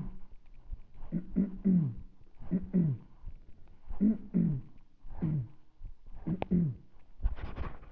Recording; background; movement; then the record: throat clearing; quiet; sitting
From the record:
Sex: male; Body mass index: 20.5 kg/m2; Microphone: on the chest, facing the body